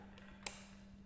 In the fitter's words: and i heard that click lets me know that it's secure